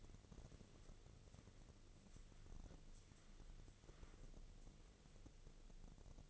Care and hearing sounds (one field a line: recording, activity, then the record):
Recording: daily activity, microphone in the room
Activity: wipe stove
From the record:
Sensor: 4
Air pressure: 1001.3 hPa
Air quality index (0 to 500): 186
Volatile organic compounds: 3 ppm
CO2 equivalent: 1331 ppm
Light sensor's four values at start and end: 13/30/12/13 and 13/30/12/13